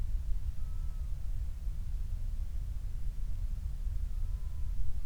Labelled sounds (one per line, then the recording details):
loon
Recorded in the Prudhoe Bay oil fields, Alaska, on 28 July 2019 at 05:48
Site 25